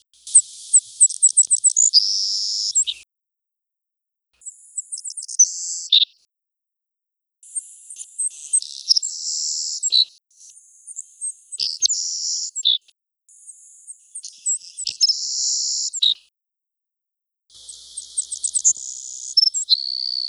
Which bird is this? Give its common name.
Savannah Sparrow